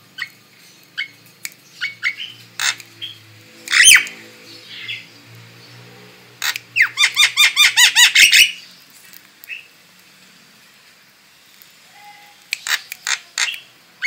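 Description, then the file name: Starling song: varied clicks, harsh squeals and a rapid run of buzzy notes, then scattered sharp chips. Female bird. "suara burung jalak betina"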